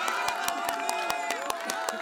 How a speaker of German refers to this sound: Das fröhliche Gelächter inner und außerhalb des Baumgartens verwandelte sich in ein jubelndes Beifallrufen.